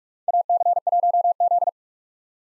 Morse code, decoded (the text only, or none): AC1Z